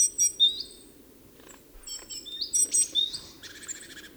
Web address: SETE Parus major